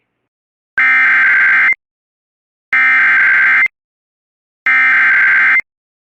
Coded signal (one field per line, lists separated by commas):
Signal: Emergency Alert System (SAME) tones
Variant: header bursts